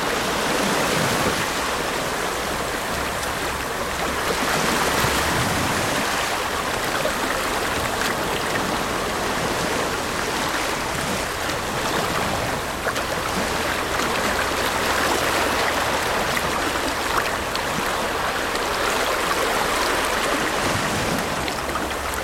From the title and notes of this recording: Gentle Ocean Waves on the Sand | Pacific Ocean ASMR. Welcome to the secluded beach, the sun slowly giving way to a dusky evening. Recorded at the serene Muir Beach in Marin County, facing the vast expanse of the east. Each wave gently caresses the sand, creating a rhythmic symphony of peace and relaxation.